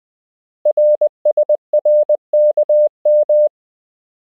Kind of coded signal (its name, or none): Morse code